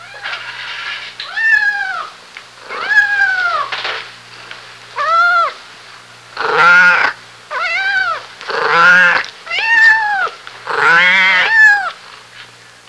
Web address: Cat Sounds